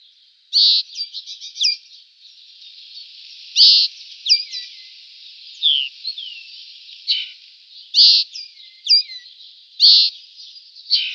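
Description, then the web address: Eurasian linnet song, bursts of harsh buzzy notes mixed with thin whistled slurs and twitters, repeated at intervals. "Schulze Peter Eurasian Linnet song"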